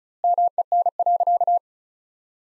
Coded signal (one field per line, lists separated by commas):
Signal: Morse code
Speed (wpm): 36 wpm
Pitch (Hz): 700 Hz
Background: none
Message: MEN.